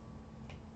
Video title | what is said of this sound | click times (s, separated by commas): AOR - ARDV10 FIRMWARE v2205a (2023) UPDATE - FULL SET UP | it will click into place | 0.5 s